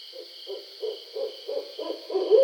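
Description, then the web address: Barred owl uttering a run of seven short, evenly spaced hoots that swell toward the end, with a continuous high hum in the background. Recorded 20 July 2012. "Barred Owl 2012 07 20 Barred Owl"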